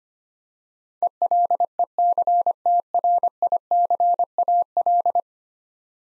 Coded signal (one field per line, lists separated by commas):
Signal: Morse code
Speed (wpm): 25 wpm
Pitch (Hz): 700 Hz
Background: none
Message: ELECTRICAL